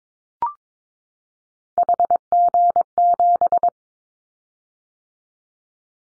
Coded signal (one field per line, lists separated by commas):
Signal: Morse code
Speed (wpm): 22 wpm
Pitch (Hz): 700 Hz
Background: none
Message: HG7